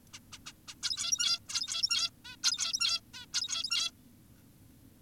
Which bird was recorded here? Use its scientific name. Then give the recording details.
Taeniopygia guttata. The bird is an adult. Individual g17y2U